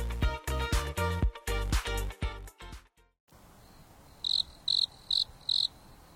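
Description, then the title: Insect song: four evenly spaced, high, pulsed chirps about every half second over a soft, steady hiss, after an opening passage of loud harmonic voice-like or musical sound that stops abruptly. Insects singing leisurely at night on a mountain top under a starry sky, with a gentle breeze blowing. "There is a gentle breeze blowing on the top of the mountain under the starry sky, and the insects are singing leisurely."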